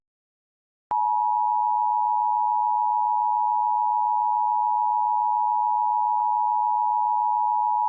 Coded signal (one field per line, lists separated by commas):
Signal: Emergency Alert System (SAME) tones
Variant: 853 and 960 Hz attention tone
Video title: Eas required weekly test July 20 2015 during spongebob mock